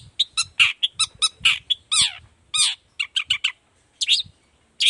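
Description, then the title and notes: Long-tailed shrike song: rapid run of harsh, chattering and squeaky notes, some sliding downward, in quick bursts with brief pauses. Singing in the morning with varied notes including a 'toet toet' phrase; recording played as a lure so other shrikes reply quickly and open their beaks. "Cendet Gacor Dor Di Kala Pagi Toet Toet Variasi Suara. Cendet Gacor Efektif Pancingan Buat Cendet Jenis Apapun Agar Cepat Nyaut Buka Paruh. Burung cendet"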